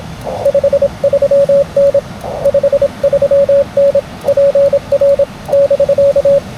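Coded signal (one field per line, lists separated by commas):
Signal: Morse code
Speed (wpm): 22 wpm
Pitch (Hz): 550 Hz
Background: radio noise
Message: 53N 53N PR <BK>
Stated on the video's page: Parks on the Air CW activation in Puerto Rico.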